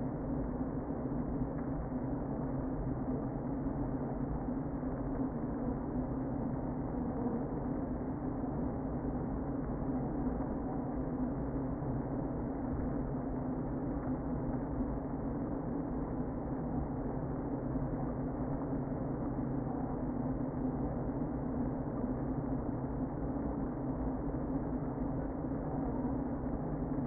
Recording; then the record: honeybee colony, microphone inside the hive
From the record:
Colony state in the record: queen present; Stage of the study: before two queens were removed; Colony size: about 60,000 bees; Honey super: yes